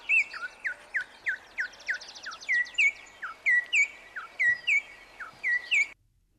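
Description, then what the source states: Venezuelan troupial song: clear whistled notes alternating high and low, many in a steady series over a soft background hiss. Female song in Puerto Rico; as complex as the male's, used year-round.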